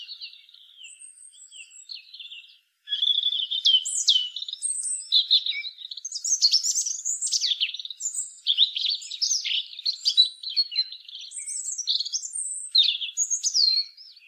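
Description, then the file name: European robin in continuous song, soft thin notes at first, then a long stream of loud, varied warbles, trills and high sliding whistles. "Erithacus rubecula"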